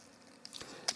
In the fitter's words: das bein einrastet richtig